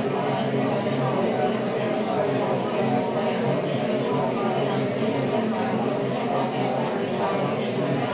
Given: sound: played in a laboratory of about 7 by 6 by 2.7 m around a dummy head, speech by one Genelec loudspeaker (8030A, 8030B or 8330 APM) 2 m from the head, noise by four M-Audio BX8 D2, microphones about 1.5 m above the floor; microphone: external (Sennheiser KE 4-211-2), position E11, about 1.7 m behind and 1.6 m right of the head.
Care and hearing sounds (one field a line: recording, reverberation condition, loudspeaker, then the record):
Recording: babble noise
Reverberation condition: medium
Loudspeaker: four, about 170 cm from the corners of the room and facing them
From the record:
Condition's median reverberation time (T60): about 510 ms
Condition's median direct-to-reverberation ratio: about -0.5 dB